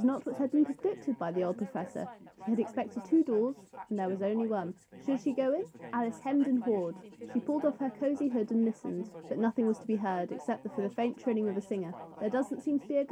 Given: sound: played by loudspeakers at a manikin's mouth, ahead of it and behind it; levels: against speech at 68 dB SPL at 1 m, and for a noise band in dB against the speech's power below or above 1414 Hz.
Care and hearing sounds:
test signals for a remote microphone
0.00-13.12 s: woman speaking, babble ahead at +6 dB SNR for speech at 1 m
From the record:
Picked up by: measurement microphone

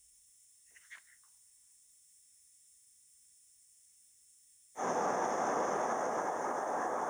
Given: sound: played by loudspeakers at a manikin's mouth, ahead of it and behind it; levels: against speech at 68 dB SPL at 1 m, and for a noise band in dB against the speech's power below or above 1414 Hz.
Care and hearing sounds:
test signals for a remote microphone
4.74-7.10 s: speech-spectrum noise from the mouth, turned 45 degrees left
From the record:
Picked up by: remote microphone B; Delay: 24 ms

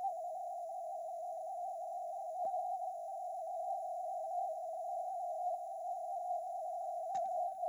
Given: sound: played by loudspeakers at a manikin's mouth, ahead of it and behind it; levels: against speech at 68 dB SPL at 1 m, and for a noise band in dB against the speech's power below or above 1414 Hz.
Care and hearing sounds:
test signals for a remote microphone
0.00-2.45 s: noise band at 707 Hz, 0 dB
2.45-7.15 s: noise band at 707 Hz, +5 dB
7.15-7.69 s: noise band at 707 Hz, +10 dB
From the record:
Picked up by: remote microphone A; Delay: 47 ms

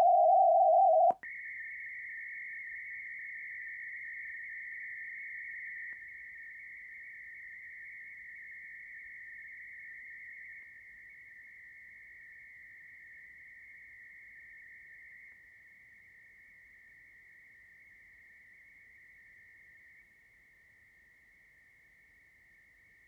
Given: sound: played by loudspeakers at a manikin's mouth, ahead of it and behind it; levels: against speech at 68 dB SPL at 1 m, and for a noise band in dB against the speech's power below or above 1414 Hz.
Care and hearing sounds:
test signals for a remote microphone
0.00-1.11 s: noise band at 707 Hz, +10 dB
1.23-5.93 s: noise band at 2000 Hz, +10 dB
5.93-10.63 s: noise band at 2000 Hz, +5 dB
10.63-15.32 s: noise band at 2000 Hz, 0 dB
15.32-20.02 s: noise band at 2000 Hz, -5 dB
20.02-23.08 s: noise band at 2000 Hz, -10 dB
From the record:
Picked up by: measurement microphone

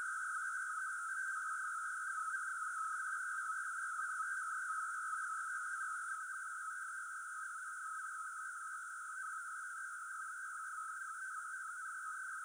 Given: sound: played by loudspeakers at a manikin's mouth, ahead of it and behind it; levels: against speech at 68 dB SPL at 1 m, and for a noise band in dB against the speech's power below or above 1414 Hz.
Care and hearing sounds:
test signals for a remote microphone
0.00-12.45 s: noise band at 1414 Hz, as loud as that band is in speech
From the record:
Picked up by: remote microphone C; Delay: 23 ms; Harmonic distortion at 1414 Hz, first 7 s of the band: under -40 dB

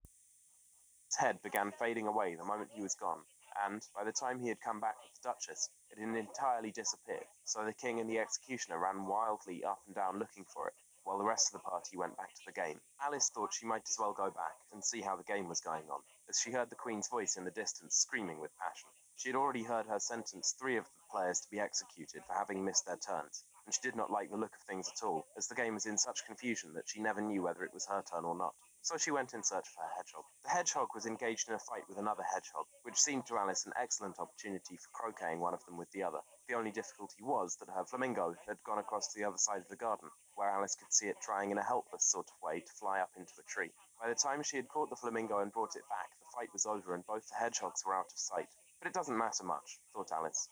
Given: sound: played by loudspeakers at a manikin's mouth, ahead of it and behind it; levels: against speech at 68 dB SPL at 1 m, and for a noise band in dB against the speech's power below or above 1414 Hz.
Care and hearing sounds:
test signals for a remote microphone
1.10-50.52 s: man speaking, babble ahead at +6 dB SNR for speech at 1 m
From the record:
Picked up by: remote microphone C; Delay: 23 ms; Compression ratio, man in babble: 1.37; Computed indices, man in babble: HASPI 0.990, HASQI 0.225 (non-linear 0.266, linear 0.842), ESTOI 0.695

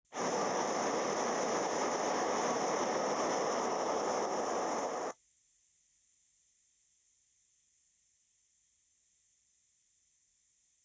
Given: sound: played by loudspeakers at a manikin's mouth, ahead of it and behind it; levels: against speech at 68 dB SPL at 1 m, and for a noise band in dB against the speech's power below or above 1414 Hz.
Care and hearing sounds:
test signals for a remote microphone
0.11-5.11 s: speech-spectrum noise from the mouth, +10 dB
From the record:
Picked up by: remote microphone D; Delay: 24 ms

